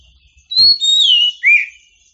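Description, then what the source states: Oriental magpie-robin giving a short sweet whistled phrase, a falling slur followed by a rising note, with a brief low thump near the start. Champion songbird.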